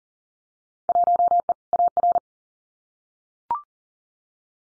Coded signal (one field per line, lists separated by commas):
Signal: Morse code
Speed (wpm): 40 wpm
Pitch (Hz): 700 Hz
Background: none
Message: 1E AR